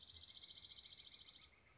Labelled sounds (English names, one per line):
Dark-eyed Junco